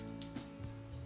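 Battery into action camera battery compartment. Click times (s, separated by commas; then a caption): 0.2 s. A battery is pushed into the battery compartment of a DJI Osmo Action camera and clicks home at 0.2 s with a short, sharp snap. Softer faint sounds follow over a steady tonal hum, and the battery is seated and latched.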